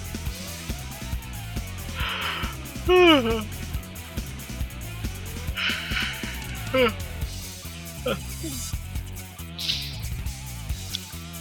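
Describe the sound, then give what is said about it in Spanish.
A few drawn-out yawns from a person who has been getting up very early, each a voiced breath that slides downward in pitch, come at intervals over a steady, faintly tonal background, with a brief breathy exhale near the end. “Les pido una disculpa por los bostezos.”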